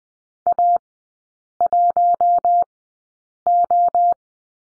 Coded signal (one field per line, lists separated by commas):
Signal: Morse code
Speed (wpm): 20 wpm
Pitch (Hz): 700 Hz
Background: none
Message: A1O